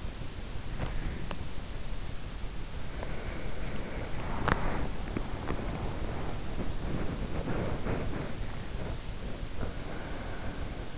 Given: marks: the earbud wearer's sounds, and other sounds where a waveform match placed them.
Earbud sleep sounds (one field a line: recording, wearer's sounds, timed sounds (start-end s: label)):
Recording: sounds in sleep by an in-ear microphone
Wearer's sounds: teeth grinding, body movement, breath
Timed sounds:
0.00-1.80 s: teeth grinding
2.39-10.55 s: body movement
4.19-5.13 s: teeth grinding
9.69-10.98 s: breath